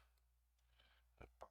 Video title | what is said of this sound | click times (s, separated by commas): SE/30 Reloaded - Eric's Edge - Part 3 - Final | pops right into place | 1.2 s, 1.4 s